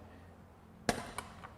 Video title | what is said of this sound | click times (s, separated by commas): Most Powerful Electric Bike of Pakistan - Metro E8S Pro Review #e8s_pro #powerful | तो टक की आवाज आई तो हमने देखा कि इसकी य खूबसूरत किस्म की वाइट सीट खुल गई | 0.9 s